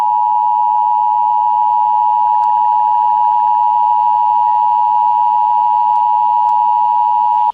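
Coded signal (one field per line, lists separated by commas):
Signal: Emergency Alert System (SAME) tones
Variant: 853 and 960 Hz attention tone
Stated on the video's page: Simulated EAS alarm inserted into a fictional Dandy's World VHS tape.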